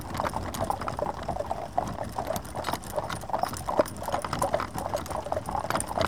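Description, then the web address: Horse hooves clopping rapidly and continuously, sharp knocks in a brisk rhythm above a constant low rumble. Horses drawing the Norwich Union stagecoach and four. "BBC Sound Effects Library - Horses Dogs Norwich Union Stagecoach And Four"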